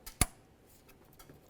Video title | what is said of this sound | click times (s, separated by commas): How to Replace Fuel Rail Pressure Sensor 2006-10 Ford Explorer | Go ahead and press it down, listen for a click. | 0.2 s